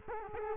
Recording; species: mosquito wingbeat signal from an infrared sensor; Culex quinquefasciatus